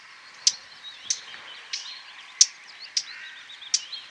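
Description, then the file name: Eurasian blackcap tac calls, sharp dry clicks repeated at uneven intervals, over soft background warbling and twittering. "Sylvia atricapilla"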